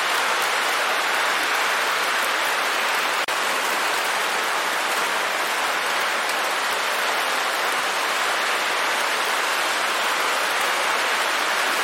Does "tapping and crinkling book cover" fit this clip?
no